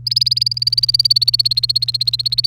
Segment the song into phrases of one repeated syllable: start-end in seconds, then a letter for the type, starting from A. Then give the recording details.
0.06-2.46 A. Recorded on 30 April 2018 at 16:22. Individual llb3